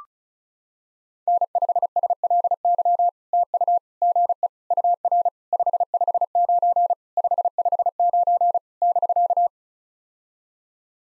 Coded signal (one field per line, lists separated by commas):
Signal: Morse code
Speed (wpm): 34 wpm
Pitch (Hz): 700 Hz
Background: none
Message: N5SLY TU GE UR 559 559 <BK>